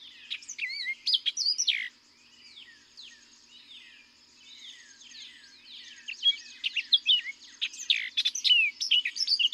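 Orchard oriole pouring out a fast, varied warble at the start and again after a quieter gap.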